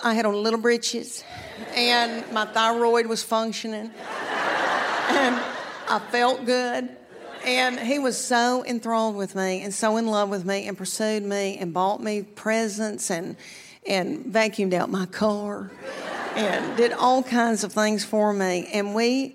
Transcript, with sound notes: I had on little britches. And my thyroid was functioning.
(LAUGHTER)
And I felt good. And he was so enthralled with me and so in love with me and pursued me and bought me presents and vacuumed out my car...
(LAUGHTER)
...And did all kinds of things for me.